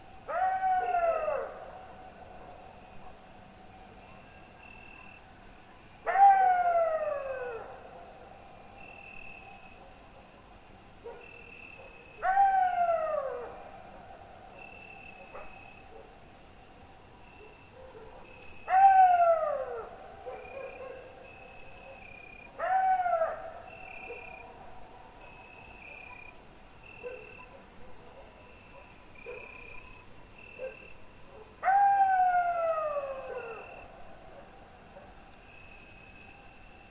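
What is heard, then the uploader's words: Repeated howls rise and fall in long sliding tones, each starting loud and trailing off, spaced roughly every six seconds with quieter calls between. Wolves and Dogs: Howling in Harmony. The sounds of howling in wolves and dogs.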